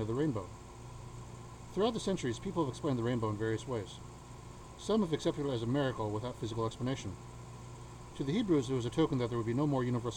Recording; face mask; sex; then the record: reading aloud; surgical mask; male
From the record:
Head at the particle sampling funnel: tilted down, bridge of the nose in front of it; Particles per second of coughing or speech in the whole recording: 2.26